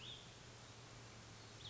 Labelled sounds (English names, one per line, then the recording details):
Cassin's Vireo
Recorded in Sonoma County, California